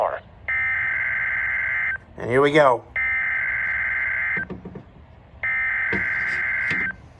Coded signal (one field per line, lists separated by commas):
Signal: Emergency Alert System (SAME) tones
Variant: header bursts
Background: speech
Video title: (EAS #343) Tornado Watch #96